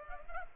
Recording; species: mosquito wingbeat signal from an infrared sensor; Culex pipiens